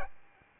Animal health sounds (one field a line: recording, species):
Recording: mosquito wingbeat signal from an infrared sensor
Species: Aedes albopictus